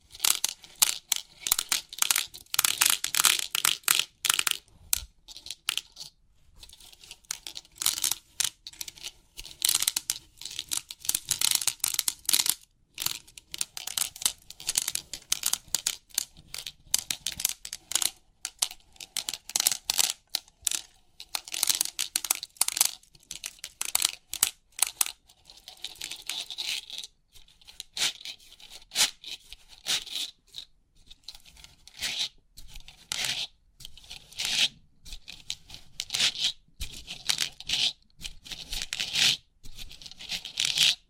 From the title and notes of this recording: Crisp 3D Pin Art Tingles(No Talking).